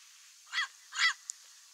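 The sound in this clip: Amazon parrot giving two rough, hoarse squawks about half a second apart, followed by a tiny click.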